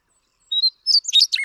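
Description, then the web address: Western meadowlark song beginning with two whistled notes, then a burst of tumbling, liquid warbled notes that runs to the end. "birdsongforthecurious Western Meadowlark"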